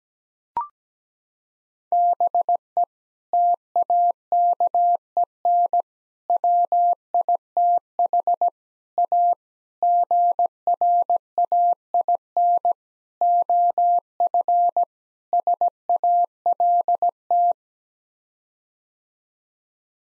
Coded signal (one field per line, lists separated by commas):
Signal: Morse code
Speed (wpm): 17 wpm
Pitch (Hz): 700 Hz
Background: none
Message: BE TAKEN WITH A GRAIN OF SALT